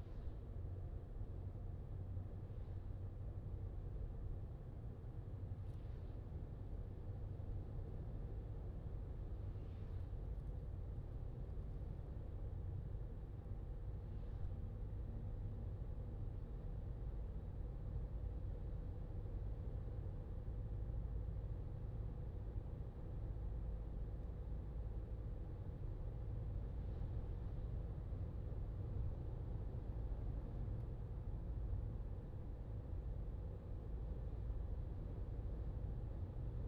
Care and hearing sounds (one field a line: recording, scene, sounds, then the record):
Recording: everyday scene through a hearing-aid microphone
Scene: in a vehicle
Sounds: engine, highway driving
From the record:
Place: Skoda Fabia, gasoline engine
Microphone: in the ear canal, left